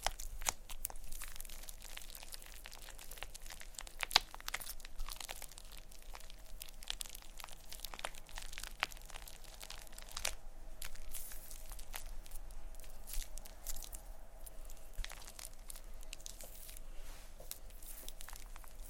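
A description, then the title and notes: Busy crinkling and rustling of plastic wrap with shaving cream, a steady stream of small crackles and soft brushing strokes throughout. Sharper crackles stand out near the start and around four seconds. A faint low hum sits behind it. ASMR Playing With Shaving Cream (Plastic Wrap, Brushing, Massage, Crinkles).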